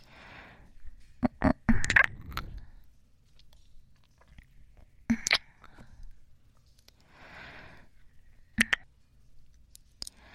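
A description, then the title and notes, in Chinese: Kissing sounds: short, wet smacks come in small clusters, a dense burst around one to two seconds, another near five seconds and a pair near eight and a half. Between them, soft breathy rustles and a faint low hum fill the quiet gaps. 纯享版亲吻声！左边一个kiss右边一个kiss。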